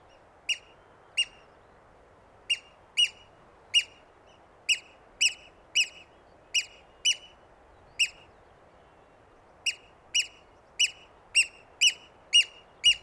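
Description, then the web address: Eurasian oystercatcher calling with clipped piping notes, at first spaced unevenly, then coming faster and more steadily toward the end. "strandskade Haematopus stralegus strandskade"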